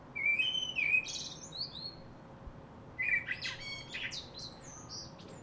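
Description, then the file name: Common blackbird singing two phrases about three seconds apart, mellow warbled whistles ending in scratchy high-pitched squeaks, over a steady faint hum. "Turdus merula"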